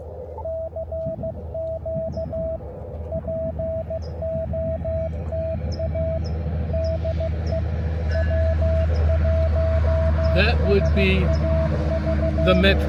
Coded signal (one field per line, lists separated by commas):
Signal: Morse code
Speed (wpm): 16 wpm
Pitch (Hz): 650 Hz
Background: speech, radio noise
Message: CQ POTA DE W1SAV